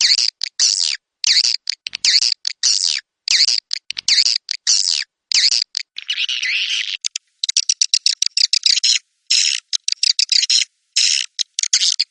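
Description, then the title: Swiftlet chirping calls, harsh buzzy twitters in quick irregular bursts, a denser raspy chatter midway, then rapid clicking chirps to the end. "Suara Burung Wallet"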